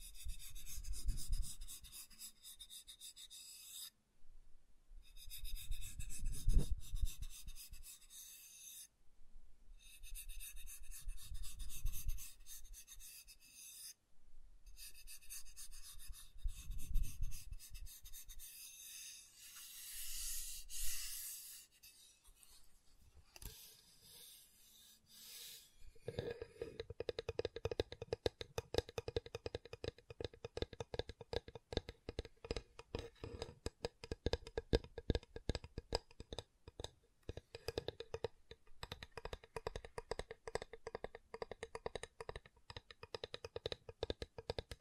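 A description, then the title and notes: Wood triggers: for the first twenty-five seconds, slow scraping and rubbing strokes swell and fade every few seconds, broken by brief silences. After that the sound turns into dense, rapid tapping and scratching on wood, steady and crisp until the end. ASMR Calming Wood Triggers for Sleep (No Talking).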